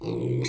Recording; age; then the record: pig call; weaner (32 to 43 days)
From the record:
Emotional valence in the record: negative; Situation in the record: short isolation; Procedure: open field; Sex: female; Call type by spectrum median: low-frequency call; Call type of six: mixed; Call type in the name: high-frequency modulated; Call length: 0.49 s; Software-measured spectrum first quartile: 226 Hz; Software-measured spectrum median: 438 Hz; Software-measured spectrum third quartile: 2511 Hz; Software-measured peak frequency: 347 Hz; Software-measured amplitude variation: 106 dB a second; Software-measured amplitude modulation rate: 31.8 a second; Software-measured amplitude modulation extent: 3.3 dB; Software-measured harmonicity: 2.5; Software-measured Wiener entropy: -4.66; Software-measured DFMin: 1260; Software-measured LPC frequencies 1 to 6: 357, 2166, 3613, 4139, 4724, 5738 Hz